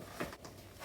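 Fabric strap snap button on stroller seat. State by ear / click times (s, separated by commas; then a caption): not seated / none. A fabric strap with a snap button is handled on the seat of a Nuna Triv stroller as it is fed back through a loop to be buttoned in place. Soft fabric handling noises are heard, with brief light knocks around 0.2 s and 0.5 s. The snap button has not closed yet, so nothing has seated or clicked.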